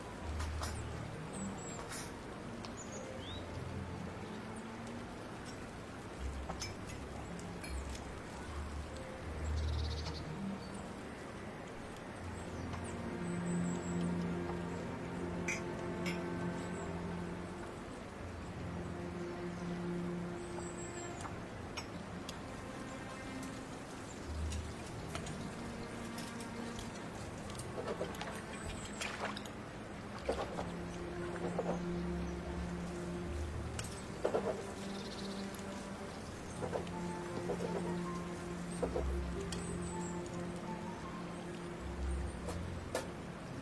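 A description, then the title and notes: Ducks play on the water, with nasal, buzzy calls coming in drawn-out runs around the middle and again near the end. A steady low rumble sits underneath, and scattered splashes and sharp clicks break in now and then. Ducks playing in the water.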